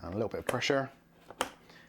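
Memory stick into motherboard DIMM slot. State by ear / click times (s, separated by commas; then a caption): seated / 1.3 s, 1.4 s. A first DDR4 memory stick, lined up with the slot key, is pressed into a motherboard DIMM slot while someone talks. Two sharp clicks follow at 1.3 s and 1.4 s as the stick seats on both sides, the second click much louder than the first.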